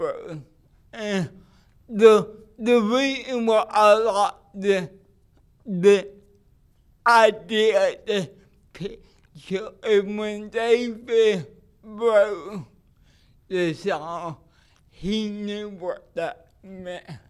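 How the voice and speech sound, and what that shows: Adult man with cerebral palsy speaking with dysarthria, preaching in a slow, halting delivery with frequent long pauses between short bursts of speech; the speech sounds accented, and listeners must listen closely to follow it.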